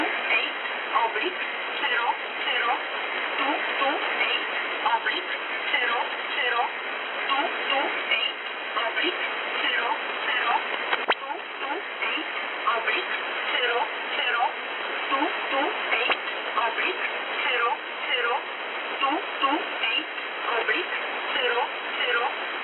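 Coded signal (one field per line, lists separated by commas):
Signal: numbers station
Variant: E11 Oblique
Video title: E11 Oblique, Warsaw, Poland, Numbers Station, 228/00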